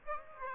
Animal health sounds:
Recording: mosquito wingbeat signal from an infrared sensor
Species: Aedes aegypti

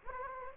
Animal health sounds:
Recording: mosquito wingbeat signal from an infrared sensor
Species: Anopheles gambiae

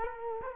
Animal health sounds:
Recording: mosquito wingbeat signal from an infrared sensor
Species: Culex quinquefasciatus

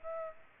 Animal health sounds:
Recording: mosquito wingbeat signal from an infrared sensor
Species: Aedes aegypti

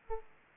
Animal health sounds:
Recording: mosquito wingbeat signal from an infrared sensor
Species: Aedes aegypti

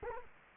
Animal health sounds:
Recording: mosquito wingbeat signal from an infrared sensor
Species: Culex quinquefasciatus

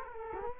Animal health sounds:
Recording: mosquito wingbeat signal from an infrared sensor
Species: Culex quinquefasciatus

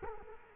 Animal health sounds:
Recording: mosquito wingbeat signal from an infrared sensor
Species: Culex quinquefasciatus

